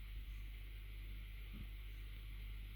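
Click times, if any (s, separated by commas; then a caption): none. The bottom of a new strap's spring pin is set into the hole in the case of a Fitbit Versa or Versa 2 smartwatch, with the strap then angled down before it is pushed into place. Only a steady low hum and faint handling rustle are heard, with a brief soft touch around 1.6 seconds. Nothing has clicked in yet.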